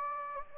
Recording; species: mosquito wingbeat signal from an infrared sensor; Anopheles gambiae